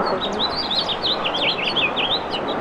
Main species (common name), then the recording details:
House Finch. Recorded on Long Island, New York, on 6 May 2011. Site MP. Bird A